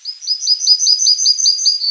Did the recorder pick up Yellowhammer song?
yes